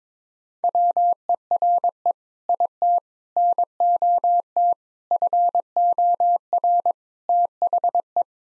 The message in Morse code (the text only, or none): WERE IT NOT FOR THE